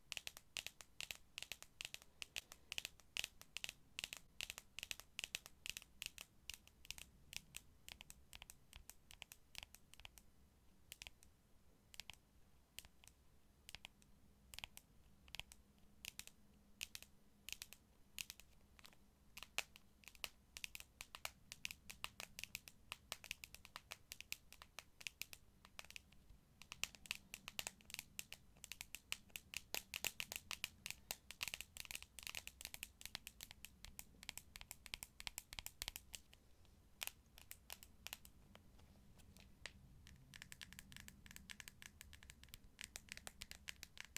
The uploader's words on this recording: ASMR Tapping To Help You Sleep (No Talking).